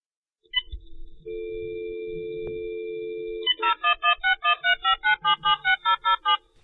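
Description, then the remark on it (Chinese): A phone call being placed: a couple of short beeps, a steady humming dial tone for about two seconds, then a quick run of evenly spaced electronic tones at shifting pitches as it dials and rings. “不如打个电话俾佢啊！”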